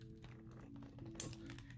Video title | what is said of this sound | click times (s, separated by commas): HOW TO BUILD A COMPUTER - Nephew's PC Build! | you hear that little click that's how you know it's in | 1.2 s